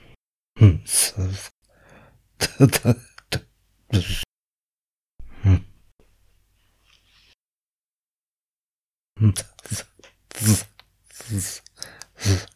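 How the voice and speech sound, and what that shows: An adult man with Tourette syndrome produces a series of vocal tics: short grunts, hums, lip smacks, tongue clicks and other mouth noises, in bursts separated by silence.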